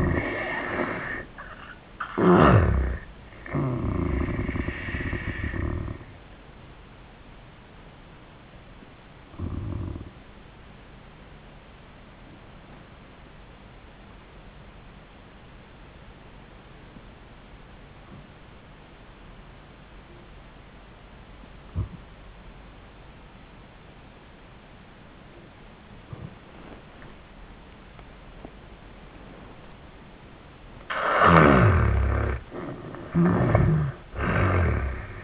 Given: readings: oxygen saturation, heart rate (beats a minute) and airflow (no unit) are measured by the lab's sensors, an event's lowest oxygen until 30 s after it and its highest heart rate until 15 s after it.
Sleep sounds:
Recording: breathing in sleep by a voice recorder at the bedside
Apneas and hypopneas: 1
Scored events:
8.00-29.50 s: hypopnea (N2, oxygen 95% highest, then 77% lowest)
32.00-35.24 s: new sleep stage, N1 (lightest sleep)
From the record:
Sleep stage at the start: N2 (light sleep)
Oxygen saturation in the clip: 77 to 95%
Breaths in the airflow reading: 4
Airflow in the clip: -21.7 to 13.0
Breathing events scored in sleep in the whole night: 400 in 8.7 hours asleep

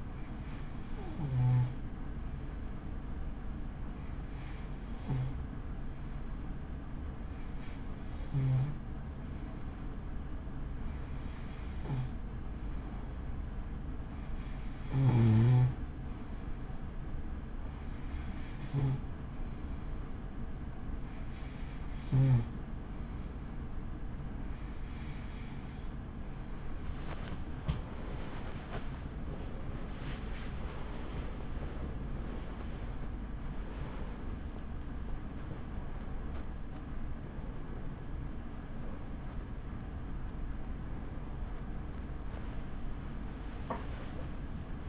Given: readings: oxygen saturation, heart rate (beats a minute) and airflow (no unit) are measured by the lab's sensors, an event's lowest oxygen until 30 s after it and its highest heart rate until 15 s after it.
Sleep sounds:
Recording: breathing in sleep by a smartphone at the bedside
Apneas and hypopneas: 1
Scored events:
6.00-32.40 s: hypopnea (N2, oxygen 94% highest, then 93% lowest)
43.00-44.89 s: new sleep stage, awake
From the record:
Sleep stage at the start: N2 (light sleep)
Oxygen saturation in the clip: 93 to 95%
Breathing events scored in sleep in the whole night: 83 in 6.1 hours asleep

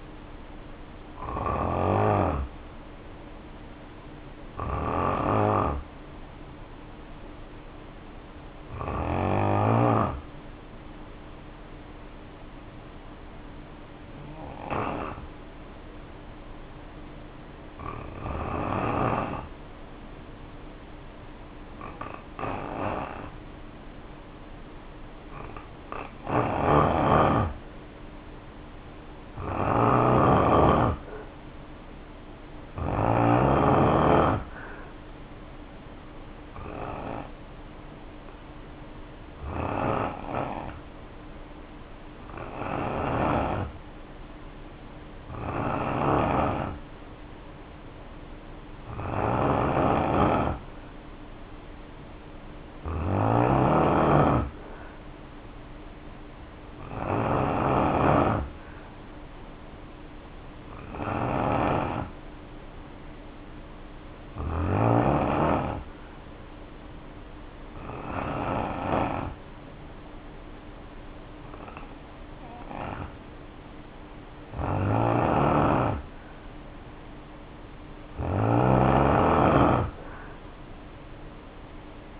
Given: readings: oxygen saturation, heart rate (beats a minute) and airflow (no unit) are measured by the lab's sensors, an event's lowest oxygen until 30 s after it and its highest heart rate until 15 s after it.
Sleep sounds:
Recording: breathing in sleep by a voice recorder at the bedside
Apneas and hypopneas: 2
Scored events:
11.00-27.00 s: hypopnea (N2, oxygen 94% highest, then 85% lowest, heart rate 55 at the start, 65 highest)
59.00-75.70 s: hypopnea (N2, oxygen 92% highest, then 89% lowest, heart rate 63 at the start, 63 highest)
From the record:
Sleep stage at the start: N2 (light sleep)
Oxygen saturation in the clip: 78 to 94%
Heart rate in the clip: 55 to 67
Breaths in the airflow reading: 21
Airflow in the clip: -2.7 to 3.1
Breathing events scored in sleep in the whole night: 520 in 7.2 hours asleep

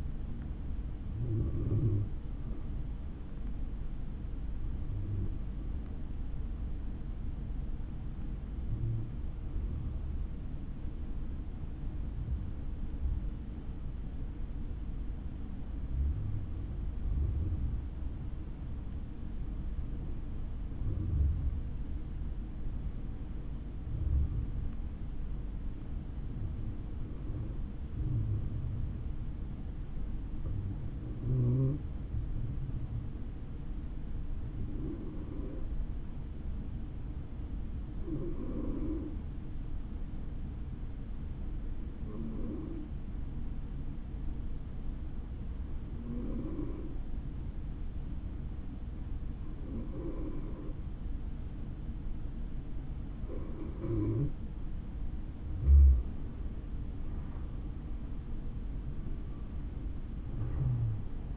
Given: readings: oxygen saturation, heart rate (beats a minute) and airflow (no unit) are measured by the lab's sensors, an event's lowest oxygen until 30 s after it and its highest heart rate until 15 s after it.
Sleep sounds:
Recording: breathing in sleep by a smartphone at the bedside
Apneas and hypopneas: 1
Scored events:
9.00-55.10 s: hypopnea (N1, oxygen 96% highest, then 85% lowest, heart rate 69 at the start, 83 highest)
20.00-61.36 s: new sleep stage, N2 (light sleep)
From the record:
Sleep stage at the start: N1 (lightest sleep)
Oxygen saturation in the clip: 86 to 96%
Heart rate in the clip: 65 to 99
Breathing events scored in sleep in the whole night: 160 in 9.3 hours asleep

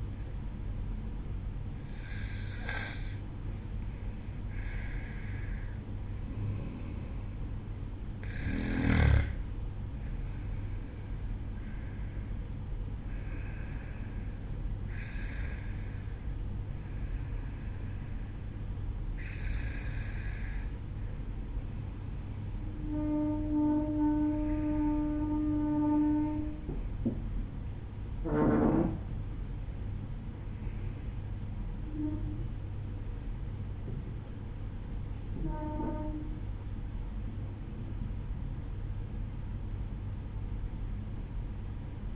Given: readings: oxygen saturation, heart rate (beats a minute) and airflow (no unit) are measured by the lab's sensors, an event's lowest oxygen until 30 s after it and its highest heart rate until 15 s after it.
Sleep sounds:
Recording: breathing in sleep by a smartphone at the bedside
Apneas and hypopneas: none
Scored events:
25.00-42.16 s: new sleep stage, N1 (lightest sleep)
From the record:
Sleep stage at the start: N2 (light sleep)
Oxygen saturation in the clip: 92 to 96%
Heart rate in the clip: 53 to 60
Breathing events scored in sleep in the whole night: 305 in 9.6 hours asleep

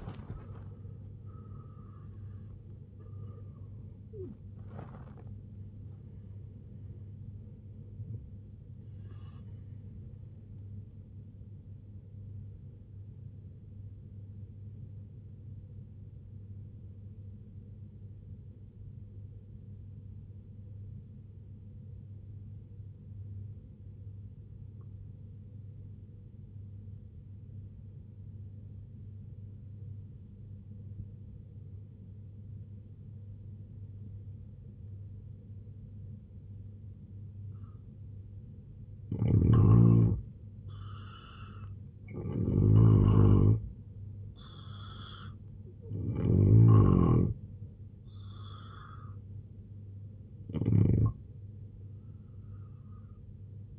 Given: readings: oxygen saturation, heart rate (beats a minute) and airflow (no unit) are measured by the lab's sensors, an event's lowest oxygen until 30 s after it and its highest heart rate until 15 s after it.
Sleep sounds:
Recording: breathing in sleep by a smartphone at the bedside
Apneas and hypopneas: 1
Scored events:
14.00-40.20 s: hypopnea (N1, oxygen 96% highest, then 86% lowest, heart rate 71 at the start, 83 highest)
From the record:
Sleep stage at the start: N1 (lightest sleep)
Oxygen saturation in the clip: 84 to 96%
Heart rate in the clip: 66 to 99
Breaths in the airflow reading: 6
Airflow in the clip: -9.4 to 9.6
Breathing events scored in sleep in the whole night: 258 in 7.4 hours asleep

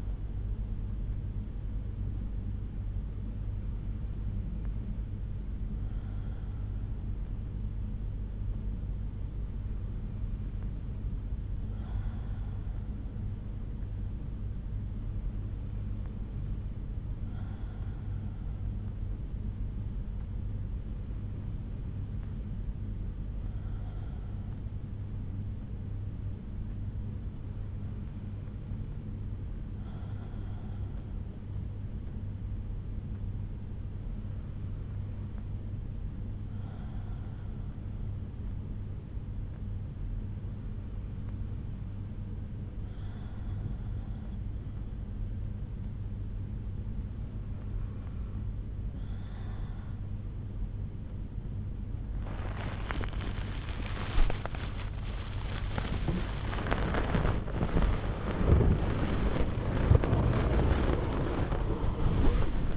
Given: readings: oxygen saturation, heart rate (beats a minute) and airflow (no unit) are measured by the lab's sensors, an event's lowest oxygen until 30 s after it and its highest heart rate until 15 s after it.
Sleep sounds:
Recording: breathing in sleep by a smartphone at the bedside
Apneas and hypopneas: 1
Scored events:
21.00-53.80 s: hypopnea (N2, oxygen 93% highest, then 92% lowest)
53.00-62.77 s: new sleep stage, awake
From the record:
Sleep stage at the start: N2 (light sleep)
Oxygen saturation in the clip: 92 to 94%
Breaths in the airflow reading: 9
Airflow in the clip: -13.0 to 14.1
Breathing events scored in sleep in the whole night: 368 in 8.0 hours asleep

